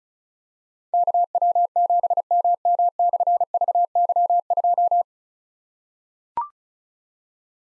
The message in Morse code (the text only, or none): KW7MM/VY2